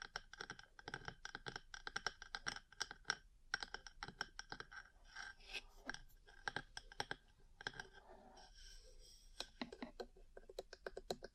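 Ear cleaning and tapping sounds: rapid, crisp clicks and taps come in dense, uneven bursts, sounding much like typing. Softer rustling and brushing fills the gaps, with a brief pause near the fourth second and a smoother scraping stretch around the eighth.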